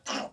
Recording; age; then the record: pig call; piglet (1 to 25 days)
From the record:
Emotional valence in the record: negative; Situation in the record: restrain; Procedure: back test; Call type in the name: low-frequency call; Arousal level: maximum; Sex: male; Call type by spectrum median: low-frequency call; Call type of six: low-frequency tonal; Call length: 0.33 s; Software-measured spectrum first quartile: 711 Hz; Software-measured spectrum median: 1773 Hz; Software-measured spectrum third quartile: 4088 Hz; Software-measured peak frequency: 731 Hz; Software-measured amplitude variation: 202 dB a second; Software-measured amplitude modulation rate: 15.2 a second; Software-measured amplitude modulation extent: 13.3 dB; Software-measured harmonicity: -0.6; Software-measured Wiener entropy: -1.89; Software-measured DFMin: 1118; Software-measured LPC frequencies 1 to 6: 709, 1285, 2855, 5321, 5732, 7248 Hz